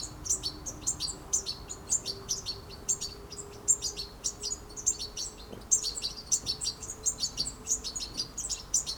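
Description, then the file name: European goldfinch calls: bright, high chirps in quick bursts separated by brief gaps, with a faint low hum running steadily underneath. "Carduelis carduelis"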